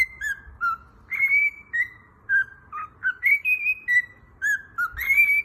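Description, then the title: Cockatiel singing a whistled melody of held and short notes that rise and fall in quick succession. Several cockatiels, singing with whistles. "Calopsitas Cantando Assobio"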